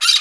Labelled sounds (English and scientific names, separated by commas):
Brown-throated Parakeet (Eupsittula pertinax) contact call